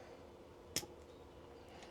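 A crimped metal contact on a 12 V wire is slid into a plastic power-pole connector housing until it locks in place. A single short, bright click is heard at 0.8 s against a quiet background, and the contact is seated.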